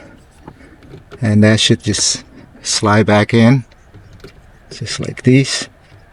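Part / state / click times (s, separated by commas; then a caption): turn signal combination switch into steering column housing / not seated / none. A turn signal combination switch from a Nissan Z350 is slid back onto the steering column housing while someone talks, with a few faint handling taps around 0.5, 0.8 and 4.2 seconds. The switch has not seated or clicked into place yet.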